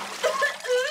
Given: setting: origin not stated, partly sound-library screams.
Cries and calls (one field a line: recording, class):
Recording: one-second piece from a danger detection set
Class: woman in danger